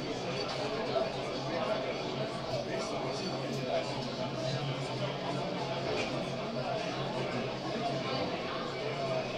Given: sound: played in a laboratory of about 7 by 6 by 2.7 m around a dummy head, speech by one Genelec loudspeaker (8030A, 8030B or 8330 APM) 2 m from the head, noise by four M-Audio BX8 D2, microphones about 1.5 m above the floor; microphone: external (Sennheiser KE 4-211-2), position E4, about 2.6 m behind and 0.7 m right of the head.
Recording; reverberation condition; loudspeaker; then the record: cafeteria noise; low; four, about 170 cm from the corners of the room and facing them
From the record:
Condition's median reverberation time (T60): about 310 ms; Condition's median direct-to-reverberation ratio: about 3.5 dB